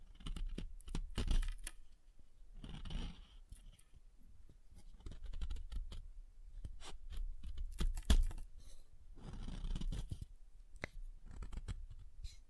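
Soap is tapped and carved with a blade, producing crisp clicks and sharp ticks scattered irregularly throughout, with denser bursts near 1, 8 and 10 seconds. Between the taps come soft scraping, crumbly carving strokes, some lasting a second or more.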